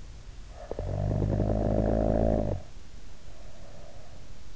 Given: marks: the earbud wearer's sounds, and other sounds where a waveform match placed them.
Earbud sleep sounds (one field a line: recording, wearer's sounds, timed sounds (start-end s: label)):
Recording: sounds in sleep by an in-ear microphone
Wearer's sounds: snoring breath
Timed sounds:
0.38-4.30 s: snoring breath